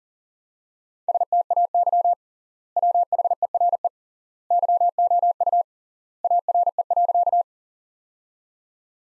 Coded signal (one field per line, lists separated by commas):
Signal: Morse code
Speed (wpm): 37 wpm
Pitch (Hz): 700 Hz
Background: none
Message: STAY WHERE YOU ARE.